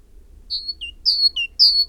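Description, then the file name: Great tit song: clear whistled two-note phrases, a high note followed by a lower one, repeated in quick succession, with a faint low hum underneath. "Parus major"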